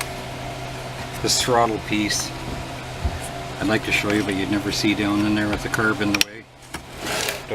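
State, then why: Seated. While a Husqvarna 760 Cut N Break power cutter is reassembled on a new short block, the throttle linkage piece is fitted down past the curved housing into the throttle/handle assembly as someone talks over a steady hum. The piece snaps into place with a short, sharp click at 7.3 s, seated.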